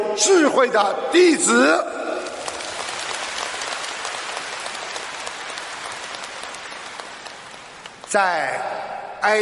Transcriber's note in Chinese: 掌声